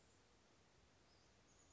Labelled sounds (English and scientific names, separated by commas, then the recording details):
Chestnut-backed Chickadee (Poecile rufescens)
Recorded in Sonoma County, California